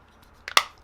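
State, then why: Seated. The two plastic halves of a game controller's housing are squeezed shut onto the controller body after a battery upgrade. A quieter snap at 0.5 s is followed by a louder, sharper click at 0.6 s, and the shell seats into place.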